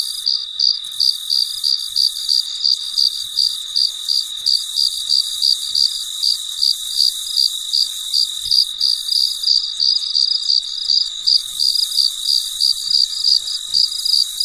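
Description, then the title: Cricket chirps in a fast series of brief high pulses, roughly three per second, over a constant thin hiss. Recorded late at night, in very quiet surroundings. "深夜录制蟋蟀昆虫声"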